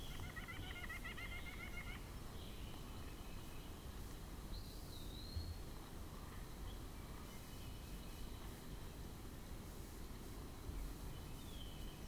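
White-breasted nuthatch calls: a quick run of short nasal notes for about two seconds, then quiet, over a steady low rumble of background noise.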